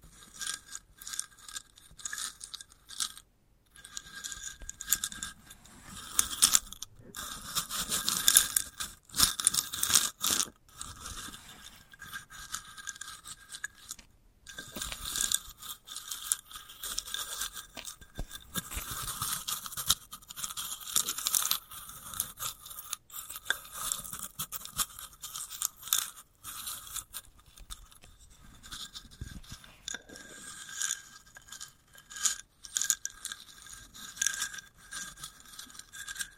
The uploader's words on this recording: ASMR of a Sunflower Head (No Talking).